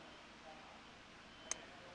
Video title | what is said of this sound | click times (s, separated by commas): WIRING YOUR BEHIND GRILL LED LIGHT BAR MOUNT FOR N80 HILUX How To Install | and you'll hear it click when it's in place properly | 1.5 s